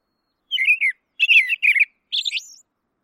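Songbird sings three short, quick phrases of warbled, slurred notes, the last phrase rising higher and ending in a thin upward whistle, with brief pauses between.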